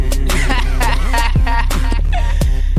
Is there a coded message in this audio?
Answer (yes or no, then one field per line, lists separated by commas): no